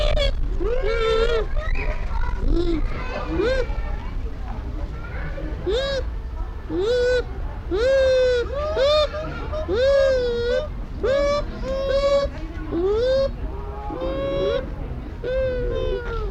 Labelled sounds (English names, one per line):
Bush Dog